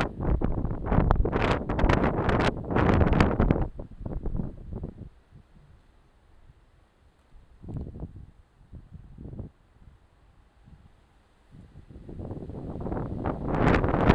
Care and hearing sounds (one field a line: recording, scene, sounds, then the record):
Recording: everyday scene through a hearing-aid microphone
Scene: wind on the microphone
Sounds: squally wind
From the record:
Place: parking lot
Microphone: in the ear canal, left